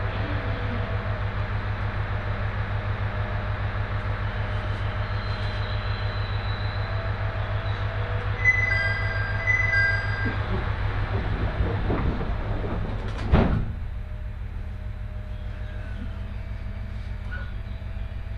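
Inside a JR East 701 series four-car train on the Tohoku Main Line out of Sendai, a steady low rumble and regular rhythmic clatter run throughout. Thin high squeals come around eight to ten seconds, and a sharp louder bang near thirteen seconds precedes a quieter stretch.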